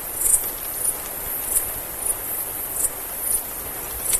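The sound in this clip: Mexican free-tailed bat calls: several brief high-pitched chirps spaced irregularly above constant background hiss.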